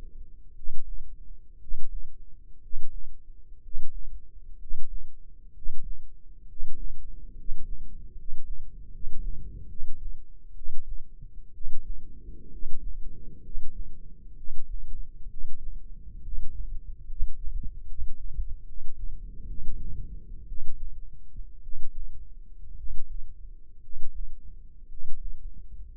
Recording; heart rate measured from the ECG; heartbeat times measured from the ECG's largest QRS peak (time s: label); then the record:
heart sounds by microphone in the left ear; 64 bpm
0.53 s: heartbeat
1.58 s: heartbeat
2.60 s: heartbeat
3.61 s: heartbeat
4.57 s: heartbeat
5.52 s: heartbeat
6.46 s: heartbeat
7.34 s: heartbeat
8.14 s: heartbeat
8.89 s: heartbeat
9.66 s: heartbeat
10.53 s: heartbeat
11.51 s: heartbeat
12.49 s: heartbeat
13.41 s: heartbeat
14.34 s: heartbeat
15.28 s: heartbeat
16.20 s: heartbeat
17.05 s: heartbeat
17.85 s: heartbeat
18.64 s: heartbeat
19.45 s: heartbeat
20.46 s: heartbeat
21.61 s: heartbeat
22.75 s: heartbeat
23.80 s: heartbeat
24.87 s: heartbeat
25.93 s: heartbeat
From the record:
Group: healthy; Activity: rest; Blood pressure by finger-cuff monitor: 125/76 mmHg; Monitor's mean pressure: 93 mmHg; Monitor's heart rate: 61 bpm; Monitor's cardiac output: 7.1 L/min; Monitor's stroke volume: 113 mL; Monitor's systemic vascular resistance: 970 dyn s/cm5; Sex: male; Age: 23 years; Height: 178 cm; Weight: 96.6 kg